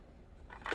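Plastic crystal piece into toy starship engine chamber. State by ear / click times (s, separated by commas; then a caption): not seated / none. A plastic dilithium crystal piece is pushed into its chamber on a toy starship's engine, making a short burst of small plastic scraping and tapping sounds near 0.5 s and 0.7 s. The crystal does not lock into place, and nothing has seated or clicked yet.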